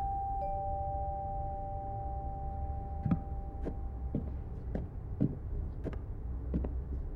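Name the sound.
doorbell ringing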